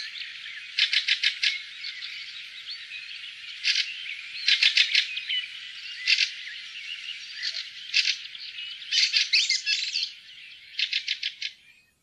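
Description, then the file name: Fieldfare calls, rattling chuckling bursts in quick series, amid steady background chatter. "graatrost"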